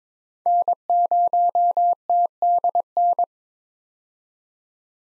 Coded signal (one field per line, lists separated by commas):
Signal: Morse code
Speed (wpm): 22 wpm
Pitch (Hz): 700 Hz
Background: none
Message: N0TDN